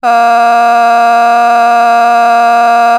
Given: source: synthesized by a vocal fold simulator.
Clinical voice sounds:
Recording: sustained vowel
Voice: female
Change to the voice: vocal strain, level 7 of 10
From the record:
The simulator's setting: 0.67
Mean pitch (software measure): 235 Hz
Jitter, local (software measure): 0.73%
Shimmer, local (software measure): 3.7%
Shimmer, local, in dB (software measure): 0.32 dB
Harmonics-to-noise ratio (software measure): 20.9 dB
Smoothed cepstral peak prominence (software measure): 20.0 dB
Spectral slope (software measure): -17.9 dB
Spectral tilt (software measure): -8.0 dB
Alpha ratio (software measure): -8.4 dB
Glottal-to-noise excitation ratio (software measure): 0.971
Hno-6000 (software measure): 1.9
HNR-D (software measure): 40.0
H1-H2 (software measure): -3.3 dB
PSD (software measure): 4.6e-05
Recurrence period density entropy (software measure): 0.117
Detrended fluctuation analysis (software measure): 0.0100

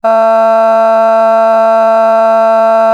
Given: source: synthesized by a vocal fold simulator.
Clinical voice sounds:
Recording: sustained vowel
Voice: female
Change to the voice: a random mix of aspiration noise, stiffness perturbation and strain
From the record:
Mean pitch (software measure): 224 Hz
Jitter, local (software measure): 0.62%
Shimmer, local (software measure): 2.2%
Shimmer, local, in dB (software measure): 0.19 dB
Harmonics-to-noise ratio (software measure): 24.1 dB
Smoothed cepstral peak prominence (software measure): 19.2 dB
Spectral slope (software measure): -20.5 dB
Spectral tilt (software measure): -9.3 dB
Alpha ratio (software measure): -11.0 dB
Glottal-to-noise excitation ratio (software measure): 0.979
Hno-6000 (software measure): 2.2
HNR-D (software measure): 39.1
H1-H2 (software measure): 2.2 dB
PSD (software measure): 2.5e-05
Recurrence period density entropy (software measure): 0.130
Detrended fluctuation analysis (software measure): 0.0121

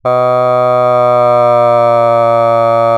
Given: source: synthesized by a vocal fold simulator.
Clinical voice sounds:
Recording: sustained vowel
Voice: male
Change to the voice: asymmetry, level 4 of 51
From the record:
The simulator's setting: 1.30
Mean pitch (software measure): 120 Hz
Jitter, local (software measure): 0.20%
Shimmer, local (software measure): 0.9%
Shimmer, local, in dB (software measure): 0.07 dB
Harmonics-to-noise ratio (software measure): 35.9 dB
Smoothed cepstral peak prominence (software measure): 25.2 dB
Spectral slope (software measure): -17.2 dB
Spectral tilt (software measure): -11.5 dB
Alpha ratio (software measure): -7.7 dB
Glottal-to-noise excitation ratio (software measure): 0.988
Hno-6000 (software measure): 2.3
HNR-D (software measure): 29.3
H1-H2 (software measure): 4.6 dB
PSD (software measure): 2.6e-04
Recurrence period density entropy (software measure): 0.110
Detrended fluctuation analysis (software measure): 0.0507

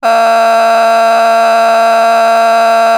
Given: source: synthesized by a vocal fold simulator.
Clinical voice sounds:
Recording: sustained vowel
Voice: female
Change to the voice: a random mix of aspiration noise, stiffness perturbation and strain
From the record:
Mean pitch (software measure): 228 Hz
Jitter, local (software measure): 1.89%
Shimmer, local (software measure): 2.7%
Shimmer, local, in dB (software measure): 0.23 dB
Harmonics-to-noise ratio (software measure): 15.4 dB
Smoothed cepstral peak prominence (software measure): 13.7 dB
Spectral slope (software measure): -17.4 dB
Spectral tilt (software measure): -7.9 dB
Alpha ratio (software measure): -7.9 dB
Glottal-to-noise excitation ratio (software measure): 0.937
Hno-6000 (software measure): 1.7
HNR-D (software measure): 29.7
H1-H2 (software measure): -2.4 dB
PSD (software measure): 7.8e-05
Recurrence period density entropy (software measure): 0.118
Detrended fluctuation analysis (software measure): 0.0089

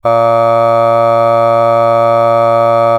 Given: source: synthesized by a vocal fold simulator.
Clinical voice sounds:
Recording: sustained vowel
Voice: male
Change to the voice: aspiration noise (breathiness), level 4 of 10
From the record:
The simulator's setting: 0.52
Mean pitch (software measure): 115 Hz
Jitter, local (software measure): 0.28%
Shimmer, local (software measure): 1.8%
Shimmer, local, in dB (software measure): 0.15 dB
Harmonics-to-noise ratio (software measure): 26.7 dB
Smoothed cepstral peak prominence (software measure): 20.8 dB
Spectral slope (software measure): -17.2 dB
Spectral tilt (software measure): -9.3 dB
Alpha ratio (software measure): -7.7 dB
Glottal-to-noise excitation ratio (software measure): 0.990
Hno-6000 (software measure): 2.3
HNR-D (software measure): 23.8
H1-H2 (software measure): 4.9 dB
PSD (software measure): 5.0e-04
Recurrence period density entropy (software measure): 0.107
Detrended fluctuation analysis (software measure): 0.0543

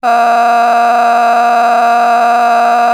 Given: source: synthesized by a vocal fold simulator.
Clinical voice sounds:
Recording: sustained vowel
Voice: female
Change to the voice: a random mix of aspiration noise, stiffness perturbation and strain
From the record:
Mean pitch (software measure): 236 Hz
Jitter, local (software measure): 1.74%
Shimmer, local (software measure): 10.1%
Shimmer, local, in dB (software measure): 0.88 dB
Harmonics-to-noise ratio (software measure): 13.4 dB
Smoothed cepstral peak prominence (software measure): 14.0 dB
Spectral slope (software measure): -18.0 dB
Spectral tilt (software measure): -9.5 dB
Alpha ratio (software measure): -8.5 dB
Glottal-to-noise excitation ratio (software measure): 0.922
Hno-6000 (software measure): 1.8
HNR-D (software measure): 33.8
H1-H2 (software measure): -3.0 dB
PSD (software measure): 8.3e-05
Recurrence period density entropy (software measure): 0.117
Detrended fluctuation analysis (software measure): 0.0116

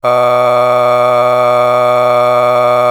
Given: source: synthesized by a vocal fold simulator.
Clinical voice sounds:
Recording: sustained vowel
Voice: male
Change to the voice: a random mix of aspiration noise, stiffness perturbation and strain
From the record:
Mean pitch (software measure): 123 Hz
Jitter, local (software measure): 0.90%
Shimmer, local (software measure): 6.3%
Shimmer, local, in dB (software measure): 0.55 dB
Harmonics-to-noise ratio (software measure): 15.7 dB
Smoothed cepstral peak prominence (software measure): 17.4 dB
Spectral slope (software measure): -14.7 dB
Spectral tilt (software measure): -9.6 dB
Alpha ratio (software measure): -5.2 dB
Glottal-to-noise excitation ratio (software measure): 0.953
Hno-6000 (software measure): 2.0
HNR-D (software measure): 28.9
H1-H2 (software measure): 1.6 dB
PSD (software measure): 8.0e-05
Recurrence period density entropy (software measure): 0.115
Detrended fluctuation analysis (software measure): 0.0316

